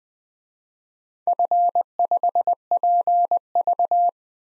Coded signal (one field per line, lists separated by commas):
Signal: Morse code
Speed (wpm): 21 wpm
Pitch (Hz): 700 Hz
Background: none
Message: F5PV